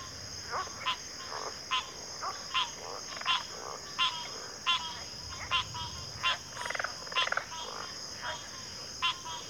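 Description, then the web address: Crickets keep up an unbroken high trill under frequent, irregular frog clicks, with a few longer rattling croaks. Chorus of crickets at a backwater. "Natures Songs Sleep Sounds of Nature CRICKETS 03 Backwater Chorus"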